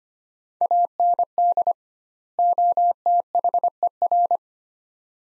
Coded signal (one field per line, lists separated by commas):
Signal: Morse code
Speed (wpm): 25 wpm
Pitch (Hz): 700 Hz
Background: none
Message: AND OTHER